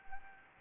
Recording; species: mosquito wingbeat signal from an infrared sensor; Anopheles arabiensis